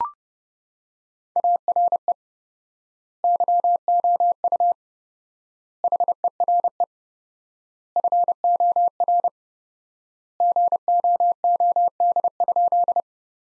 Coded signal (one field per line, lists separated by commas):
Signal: Morse code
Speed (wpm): 30 wpm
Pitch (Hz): 700 Hz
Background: none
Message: ARE YOU HERE FOR GOOD?